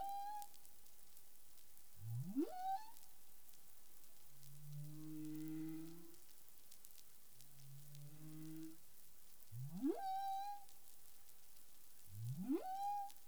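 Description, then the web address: Humpback whale song units: steep upsweeping whoops rising into a held tone, alternating with low buzzy moans that step upward, repeating every few seconds. Caribbean, recorded 19 April 2021 at 08:14 UTC. "CARIMAM. humpback whale"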